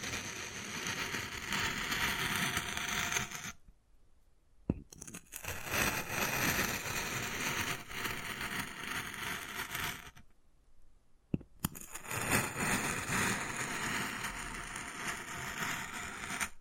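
Wood carving with steady scratching and scraping strokes that fill the sound densely from low rumble to bright hiss. The scraping stops twice, around 4 and 10–11 seconds, each gap ending with a sharp tap before the carving resumes.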